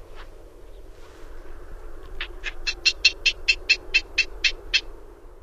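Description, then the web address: Black-legged kittiwake calls: a run of about a dozen evenly spaced notes that grow louder, after a few faint opening notes. "Songs of Birds of North America Stokes. Black-legged Kittiwake"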